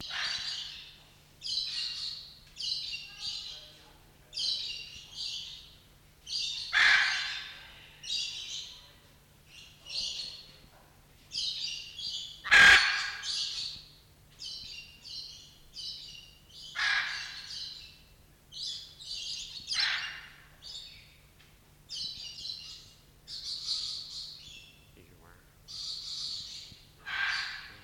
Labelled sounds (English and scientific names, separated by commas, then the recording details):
Hyacinth Macaw (Anodorhynchus hyacinthinus) call
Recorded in captivity
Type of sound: call
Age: adult
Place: Zoo Berlin, Berlin, DE
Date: 1994-02-05
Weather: heiter bis wolkig, 0°C, Wind
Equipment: Marantz CP 430, Sennheiser MKH 416 T, Kopie Uher Variocord 263
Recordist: Tembrock, Günter
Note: Kurzlaute